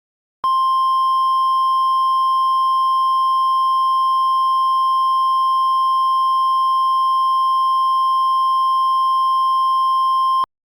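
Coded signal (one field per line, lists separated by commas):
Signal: Emergency Alert System (SAME) tones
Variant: 1050 Hz attention tone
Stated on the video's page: Fictional EAS scenario.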